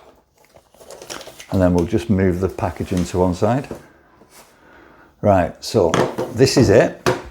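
Someone handles a detachable display screen and the handle of an articulated inspection camera while talking, with soft crinkling and handling sounds early in the clip. The screen is about to be pressed onto the top of the handle, where its rear connector locks into place, but nothing has seated or clicked yet.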